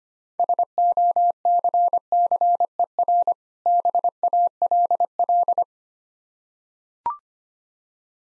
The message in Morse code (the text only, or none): SOCCER BALL